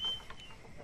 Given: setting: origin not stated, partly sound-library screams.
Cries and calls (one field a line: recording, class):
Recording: one-second piece from a danger detection set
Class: normal situation